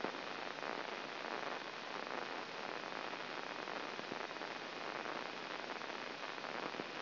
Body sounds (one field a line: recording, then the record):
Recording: brain microelectrode recording played as sound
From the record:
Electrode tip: inside the subthalamic nucleus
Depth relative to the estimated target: 0 mm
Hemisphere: left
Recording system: AlphaMap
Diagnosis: Parkinson's disease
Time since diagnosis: 12 years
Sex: female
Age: 47 years